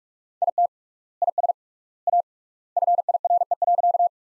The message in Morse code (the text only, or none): IT IS A FIRE.